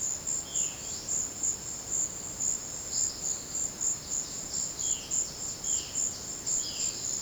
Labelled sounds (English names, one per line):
Violaceous Jay
Palm Tanager